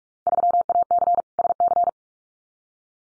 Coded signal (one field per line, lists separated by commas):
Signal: Morse code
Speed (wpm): 46 wpm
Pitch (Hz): 700 Hz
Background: none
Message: 3AC SC